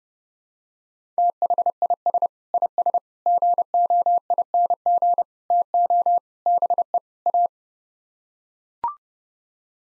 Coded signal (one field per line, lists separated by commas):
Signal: Morse code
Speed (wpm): 31 wpm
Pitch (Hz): 700 Hz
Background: none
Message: THIS IS GOING TO BE A